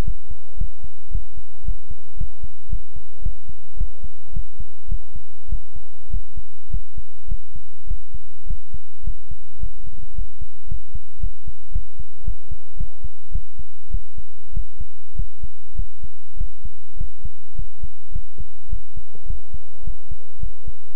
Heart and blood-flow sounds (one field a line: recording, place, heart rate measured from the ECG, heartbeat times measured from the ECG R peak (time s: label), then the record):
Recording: heart sounds by stethoscope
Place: between the tricuspid and mitral areas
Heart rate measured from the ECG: 106 bpm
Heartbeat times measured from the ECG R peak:
0.04 s: heartbeat
0.57 s: heartbeat
1.11 s: heartbeat
1.64 s: heartbeat
2.16 s: heartbeat
2.69 s: heartbeat
3.22 s: heartbeat
3.77 s: heartbeat
4.32 s: heartbeat
4.88 s: heartbeat
5.48 s: heartbeat
6.09 s: heartbeat
6.69 s: heartbeat
7.27 s: heartbeat
7.86 s: heartbeat
8.46 s: heartbeat
9.03 s: heartbeat
9.59 s: heartbeat
10.14 s: heartbeat
10.67 s: heartbeat
11.19 s: heartbeat
11.71 s: heartbeat
12.23 s: heartbeat
12.76 s: heartbeat
13.31 s: heartbeat
13.90 s: heartbeat
14.52 s: heartbeat
15.15 s: heartbeat
15.75 s: heartbeat
16.36 s: heartbeat
16.96 s: heartbeat
17.54 s: heartbeat
18.11 s: heartbeat
18.68 s: heartbeat
19.25 s: heartbeat
19.83 s: heartbeat
20.38 s: heartbeat
20.93 s: heartbeat
From the record:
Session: pedaling a stationary bicycle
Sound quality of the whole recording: good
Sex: male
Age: 24 years